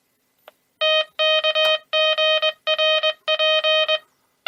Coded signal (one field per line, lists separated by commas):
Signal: Morse code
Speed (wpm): 21 wpm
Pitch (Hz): 620 Hz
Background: music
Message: TKGRP